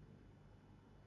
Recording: background sound without coughing